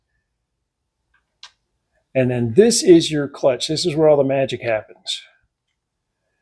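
The notched cover is popped off the clutch housing of a reloading turret press, giving a sharp snap at 1.4 s as it is released. Someone then talks.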